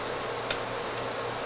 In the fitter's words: make sure the hard drives go back up click